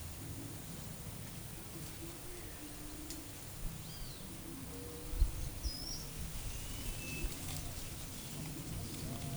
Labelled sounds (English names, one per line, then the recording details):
Ochre-lored Flatbill
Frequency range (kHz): Ochre-lored Flatbill 4.6-6.0 kHz
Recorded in forest near Pivijay, Magdalena, Colombia, on 4 June 2023 at 11:30
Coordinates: 10.467, -74.380
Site Z5-G034